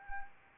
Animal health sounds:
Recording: mosquito wingbeat signal from an infrared sensor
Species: Anopheles arabiensis

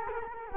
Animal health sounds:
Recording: mosquito wingbeat signal from an infrared sensor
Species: Culex quinquefasciatus

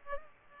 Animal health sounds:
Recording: mosquito wingbeat signal from an infrared sensor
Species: Culex pipiens

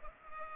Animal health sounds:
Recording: mosquito wingbeat signal from an infrared sensor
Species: Culex pipiens

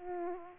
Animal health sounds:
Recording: mosquito wingbeat signal from an infrared sensor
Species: Aedes aegypti

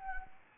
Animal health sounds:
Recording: mosquito wingbeat signal from an infrared sensor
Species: Anopheles arabiensis

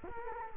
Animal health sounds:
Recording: mosquito wingbeat signal from an infrared sensor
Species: Culex quinquefasciatus

